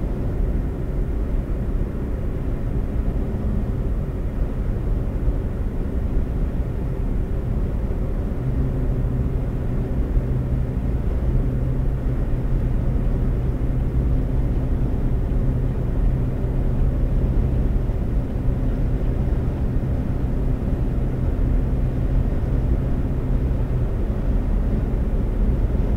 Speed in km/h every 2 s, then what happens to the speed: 113, 114, 116, 118, 119, 121, 122, 124, 126, 127, 129, 130, 130.
0-26 speeds up to 130.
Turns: none.